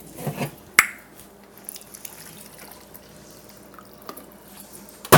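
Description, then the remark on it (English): Soft liquid sounds and a sharp click with a brief ringing tone as a person gets some water to drink, followed by near quiet with a few faint clicks and a final thump. “Hold on, I need some water.”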